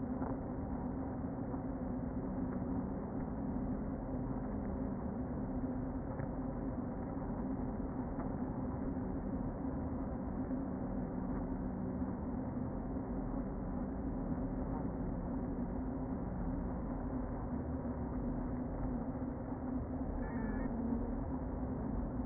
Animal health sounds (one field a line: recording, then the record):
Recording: honeybee colony, microphone inside the hive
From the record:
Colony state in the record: queen present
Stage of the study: before two queens were removed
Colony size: about 60,000 bees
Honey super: yes